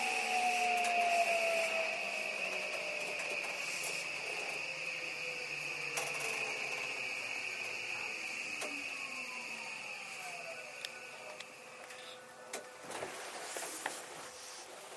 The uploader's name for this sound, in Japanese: JR323系 桃谷→桃谷